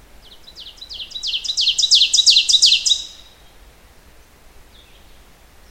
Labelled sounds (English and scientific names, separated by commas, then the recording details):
Ovenbird (Seiurus aurocapilla) song
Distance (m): 10 m
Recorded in boreal forest in Alberta, Canada, on 16 June 2016 at 06:11
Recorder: SongMeter 3, array SBT-3-32
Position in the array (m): 115 m, 147 m
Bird 37